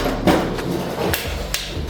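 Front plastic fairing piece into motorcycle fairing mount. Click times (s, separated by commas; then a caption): 1.1 s, 1.5 s. A front plastic fairing trim piece is pushed into its fairing mount on a 2013–2018 ZX6R 636 motorcycle. Two sharp snaps are heard at 1.1 s and 1.5 s as it pops into place, and the piece is seated.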